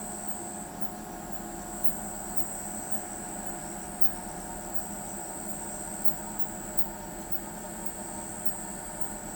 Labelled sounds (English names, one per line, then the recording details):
none
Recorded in pastures near Pivijay, Magdalena, Colombia, on 16 April 2023 at 23:30
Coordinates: 10.456, -74.369
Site P6-G026